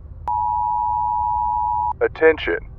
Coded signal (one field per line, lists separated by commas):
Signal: Emergency Alert System (SAME) tones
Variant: 853 and 960 Hz attention tone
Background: speech